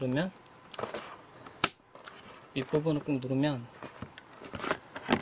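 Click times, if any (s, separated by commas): 5.1 s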